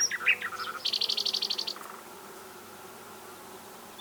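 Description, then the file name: Common nightingale song: brief mixed notes leading into a rapid buzzy rattle for about a second, then the singer falls silent. "Luscinia megarhynchos"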